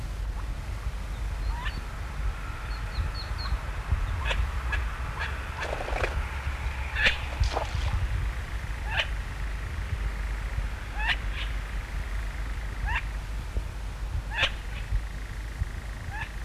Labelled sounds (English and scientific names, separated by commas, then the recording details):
Garganey (Spatula querquedula) alarm call
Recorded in the wild
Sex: diverse
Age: diverse
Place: Husum, Schleswig-Holstein, DE
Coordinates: 54.4844, 9.0598
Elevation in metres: 12
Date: 1969-06-10
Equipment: Halbspur, 9,5 cm/s
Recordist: Lütgens, Hans